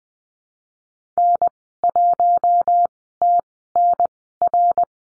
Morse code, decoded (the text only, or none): N1TNR